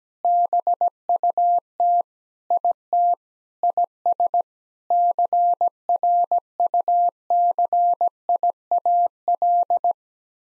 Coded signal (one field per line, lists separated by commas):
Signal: Morse code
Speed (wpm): 17 wpm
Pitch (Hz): 700 Hz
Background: none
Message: BUT IT IS CRUCIAL